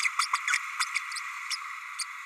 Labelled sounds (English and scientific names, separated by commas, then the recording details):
Green-rumped Parrotlet (Forpus passerinus) babbling
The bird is a male
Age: 30 days
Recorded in a nest box in Venezuela
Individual 17B32A6